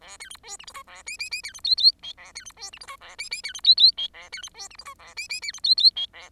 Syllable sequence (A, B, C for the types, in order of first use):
A B C D E F G A H H H B C I I J A B C D E F G A H H B C I I J A B C D E F G A H H B C I I J A